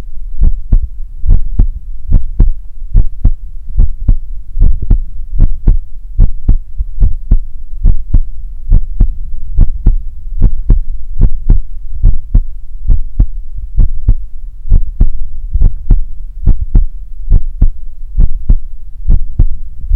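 Steady, deep thumping heartbeat at about 71 beats a minute, each beat a soft lub-dub pair with an even rhythm. A low constant hum sits underneath. It is an ordinary resting heartbeat heard up close, an ASMR heartbeat to fall asleep to.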